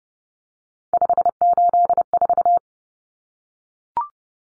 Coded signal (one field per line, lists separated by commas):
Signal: Morse code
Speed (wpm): 30 wpm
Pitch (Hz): 700 Hz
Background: none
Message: 584